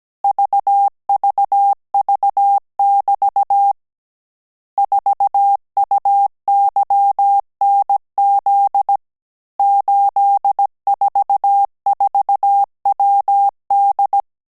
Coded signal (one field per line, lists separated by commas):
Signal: Morse code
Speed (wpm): 17 wpm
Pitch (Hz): 800 Hz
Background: none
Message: VVV<BT> 4UYNZ 844WD